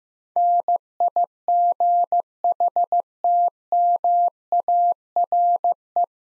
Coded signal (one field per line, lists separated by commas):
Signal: Morse code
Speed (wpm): 15 wpm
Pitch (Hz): 700 Hz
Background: none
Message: NIGHTMARE